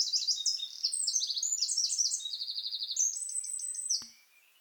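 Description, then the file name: Eurasian wren song, a loud rapid cascade of high trills and ringing notes, with a fast rattling trill midway, ending abruptly. "Troglodytes troglodytes"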